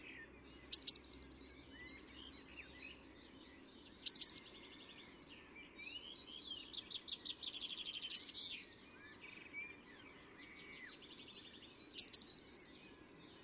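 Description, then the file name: Eurasian blue tit repeating its song four times, roughly every four seconds: one or two piercing high notes then a fast, even trill, with quiet chattering between the second and third. "Cyanistes caeruleus"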